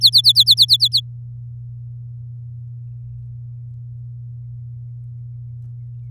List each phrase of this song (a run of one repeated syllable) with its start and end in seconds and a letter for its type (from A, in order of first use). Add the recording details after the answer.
0.01-1.00 A. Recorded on 7 May 2018 at 14:35. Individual llb16